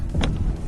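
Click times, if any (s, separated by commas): 0.2 s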